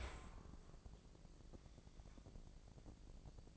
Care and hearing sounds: daily activity, microphone in the room; open dishwasher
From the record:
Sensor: 5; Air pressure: 1012.4 hPa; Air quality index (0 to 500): 158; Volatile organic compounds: 2 ppm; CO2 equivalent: 1072 ppm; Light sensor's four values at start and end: 112/268/114/128 and 112/269/114/128

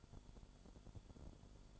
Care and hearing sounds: daily activity, microphone in the room; light off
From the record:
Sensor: 5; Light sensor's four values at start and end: 35/81/33/33 and 35/81/33/33

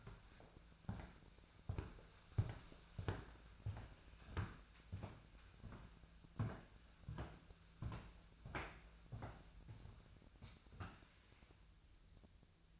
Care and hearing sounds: daily activity, microphone in the room; walk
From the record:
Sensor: 2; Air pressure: 1008.2 hPa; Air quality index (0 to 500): 180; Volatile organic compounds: 10 ppm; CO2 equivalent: 2214 ppm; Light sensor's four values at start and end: 13/32/13/14 and 13/32/13/14

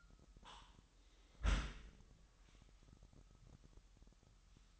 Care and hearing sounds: daily activity, microphone in the room; close dishwasher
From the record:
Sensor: 3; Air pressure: 998.3 hPa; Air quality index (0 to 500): 147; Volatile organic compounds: 5 ppm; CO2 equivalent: 1762 ppm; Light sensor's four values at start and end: 14/40/16/15 and 14/40/16/15

